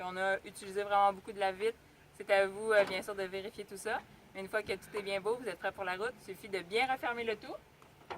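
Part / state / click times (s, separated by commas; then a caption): engine hood into its hood latch on a motorhome / not seated / none. After checking the fluids, someone talks while getting ready to close a motorhome's metal engine hood and push it down into its hood latch. No latch snap is heard: nothing has seated or clicked yet when the clip ends.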